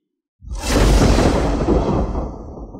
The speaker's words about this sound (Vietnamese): Một tiếng lôi minh nổ vang